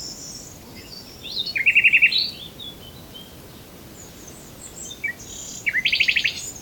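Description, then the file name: Common nightingale song: two phrases, each opening with brief chirps and then a fast run of several repeated, evenly spaced notes, separated by a few seconds of quiet. "Luscinia megarhynchos"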